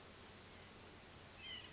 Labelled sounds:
White-breasted Nuthatch (Sitta carolinensis)
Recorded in Sonoma County, California

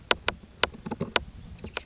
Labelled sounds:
Oak Titmouse (Baeolophus inornatus)
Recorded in Sonoma County, California

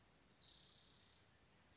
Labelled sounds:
Spotted Towhee (Pipilo maculatus)
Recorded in Sonoma County, California

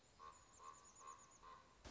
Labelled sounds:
Common Raven (Corvus corax)
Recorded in Sonoma County, California

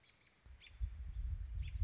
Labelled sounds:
American Robin (Turdus migratorius)
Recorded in Sonoma County, California

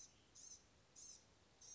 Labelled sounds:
Blue-gray Gnatcatcher (Polioptila caerulea)
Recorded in Sonoma County, California

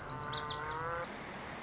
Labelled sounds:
Lazuli Bunting (Passerina amoena)
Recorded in Sonoma County, California

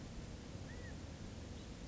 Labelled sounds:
California Quail (Callipepla californica)
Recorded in Sonoma County, California

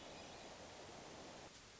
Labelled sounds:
Hermit Thrush (Catharus guttatus)
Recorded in Sonoma County, California

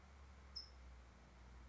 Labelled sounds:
California Towhee (Melozone crissalis)
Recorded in Sonoma County, California

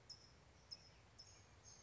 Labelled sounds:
California Towhee (Melozone crissalis)
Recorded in Sonoma County, California

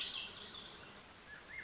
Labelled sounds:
Swainson's Thrush (Catharus ustulatus)
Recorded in Sonoma County, California

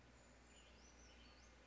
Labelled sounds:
Brown Creeper (Certhia americana)
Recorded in Sonoma County, California

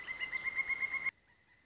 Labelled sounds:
Pileated Woodpecker (Dryocopus pileatus)
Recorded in Sonoma County, California

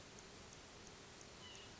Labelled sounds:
White-breasted Nuthatch (Sitta carolinensis)
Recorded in Sonoma County, California

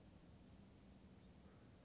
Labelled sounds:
Western Flycatcher (Empidonax difficilis)
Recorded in Sonoma County, California

